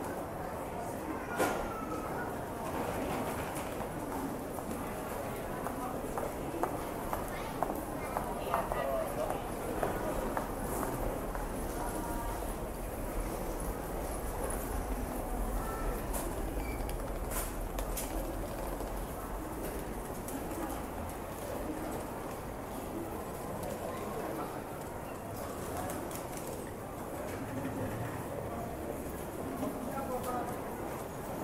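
Busy station ambience with steady overlapping chatter, scattered footstep-like clicks, brief sharp knocks, and a low rumble that fades after twenty seconds.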